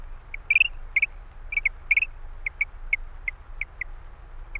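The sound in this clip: Eurasian dotterel calls: a run of brief piping notes, some doubled, at uneven intervals, with low background rumble.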